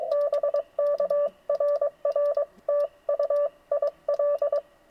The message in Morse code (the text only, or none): BK RR TU IL